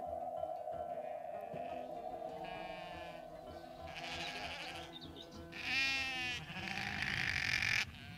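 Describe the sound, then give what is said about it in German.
Six sheep bleat in overlapping, wavering calls, growing louder and more crowded toward the end, over a steady low droning hum. “Und ich habe dir 6 Schafe mitgebracht.”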